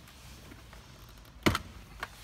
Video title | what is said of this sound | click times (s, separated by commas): DIY: Install Kenwood DDX917WS into 2013/14 Subaru WRX / Impreza | Once it pops, so there's the two sides, it'll actually pull right out. | 1.5 s